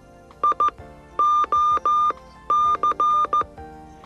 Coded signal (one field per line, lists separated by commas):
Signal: Morse code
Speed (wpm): 14 wpm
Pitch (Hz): 1200 Hz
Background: music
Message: I O C